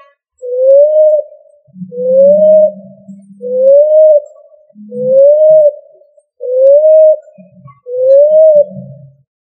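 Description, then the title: Pigeon calls: six smooth whistled notes rising slightly in pitch, each about a second long, repeated steadily every one and a half seconds. "Familia Columbidae Pomba"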